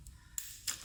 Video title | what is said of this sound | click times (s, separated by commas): How to change spark plugs on 2016 Toyota Corolla | oh yeah you heard a click | 0.4 s